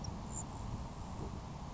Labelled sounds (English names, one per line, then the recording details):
Grasshopper Sparrow
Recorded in Sonoma County, California